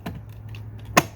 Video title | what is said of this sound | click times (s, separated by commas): FAST Door Handle Replacement - 2009-2014 Ford F150 | That snaps down. | 1.0 s